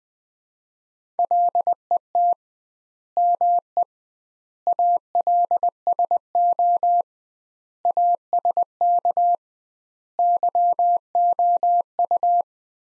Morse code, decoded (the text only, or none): LET ME ALSO ASK YOU